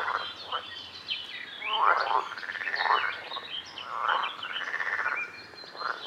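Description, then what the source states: Frogs croaking in slow rasping bursts, each call pulsed and drawn out, with high chirps and squeaks scattered above the chorus. Recorded at a lake.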